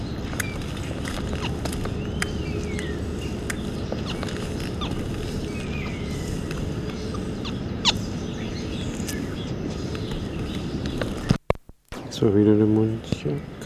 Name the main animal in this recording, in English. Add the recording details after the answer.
Reeves' Muntjac. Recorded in captivity. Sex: male. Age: adult. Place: Zoo Leipzig, Sachsen, DE. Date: 1969-09-26. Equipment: Uher 4200 Report-S, Tesla Verstärker, Sennheiser MD 421, Doppelspuraufnahme. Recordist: Tembrock, Günter. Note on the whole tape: Männchen: Zahngeräusche und helle Kurzlaute, durch Beobachter ausgelöst. Abstand: 1 m